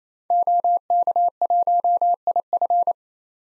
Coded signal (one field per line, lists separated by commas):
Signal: Morse code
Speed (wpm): 28 wpm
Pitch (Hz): 700 Hz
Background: none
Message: OK1IF